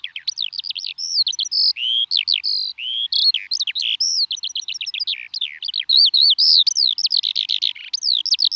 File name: alouette des champs